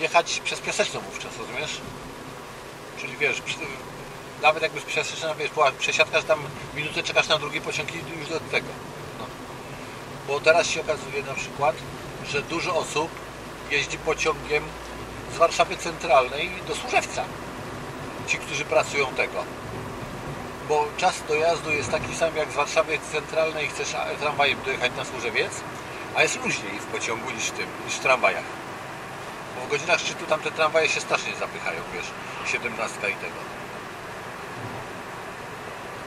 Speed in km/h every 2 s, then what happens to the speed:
48, 48, 49, 49, 51, 51, 51, 54, 58, 58, 64, 68, 71, 73, 75, 76, 75, 74.
0-29 speeds up to 76. 29-36 steady at about 75.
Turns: none.